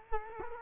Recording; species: mosquito wingbeat signal from an infrared sensor; Culex quinquefasciatus